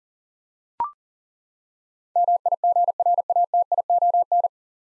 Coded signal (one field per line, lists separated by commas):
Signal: Morse code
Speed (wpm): 40 wpm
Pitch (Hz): 700 Hz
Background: none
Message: MIGRATION